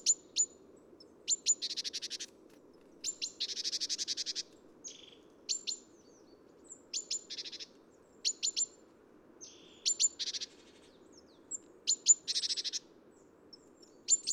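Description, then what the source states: Great Tit calls: repeated bursts of sharp high notes alternating with buzzy rasping churrs, recurring throughout. Recorded at Neudarss on 3 February 2013.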